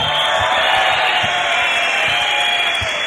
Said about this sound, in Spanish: Mil felicidades, dense un aplauso.